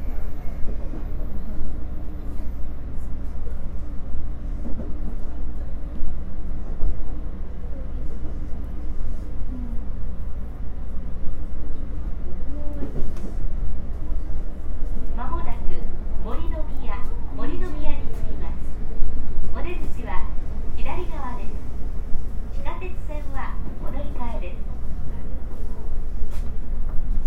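A JR West 323 series train runs with a steady low rumble and hum, while voices talk over it from about fifteen seconds on.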